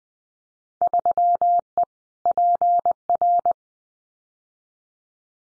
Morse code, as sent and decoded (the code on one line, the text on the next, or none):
...-- . / .--. .-.
3E PR